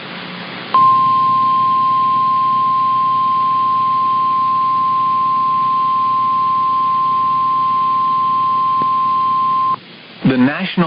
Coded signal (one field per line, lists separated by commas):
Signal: Emergency Alert System (SAME) tones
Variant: 1050 Hz attention tone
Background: speech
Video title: The Madness of Storms part 4 -- eas alerts from march and april (eas #109 - #123)